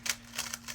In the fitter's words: when you hear that snap, it means your cube is fixed.